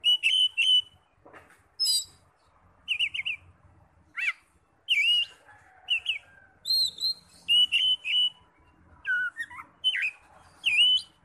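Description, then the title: Oriental magpie-robin song: repeated bright whistled notes and chattering trills, frequent short phrases with brief gaps, little background sound. "Kacer"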